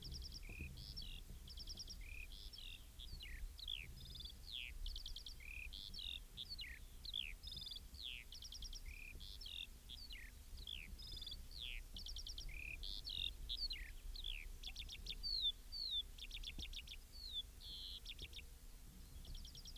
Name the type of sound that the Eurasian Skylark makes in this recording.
song